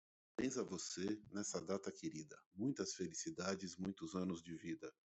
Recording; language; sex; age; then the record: short text; Brazilian Portuguese; male; 50 to 59 years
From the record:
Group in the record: control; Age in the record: 50 years